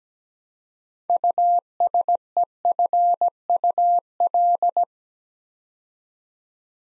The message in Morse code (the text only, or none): USEFUL